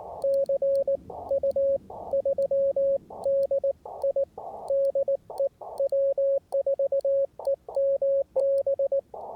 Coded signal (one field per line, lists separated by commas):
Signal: Morse code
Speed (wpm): 19 wpm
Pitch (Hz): 550 Hz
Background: radio noise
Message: CU 3DI DE W4EMB